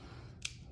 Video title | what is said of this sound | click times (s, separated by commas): GoPro MOUNT BEST FOR ATV | locks into place 360 | 0.5 s